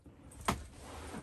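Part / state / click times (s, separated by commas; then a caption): TPMS monitor display into its dash mount bracket / seated / 0.5 s. A TireMinder i10 tire pressure monitor display is slipped onto its dash mount bracket and slid up. A single sharp click sounds at 0.5 s as it latches and locks into place.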